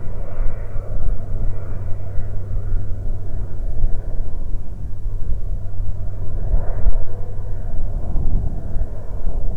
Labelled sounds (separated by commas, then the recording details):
aircraft
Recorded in the Prudhoe Bay oil fields, Alaska, on 22 July 2019 at 13:39
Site 13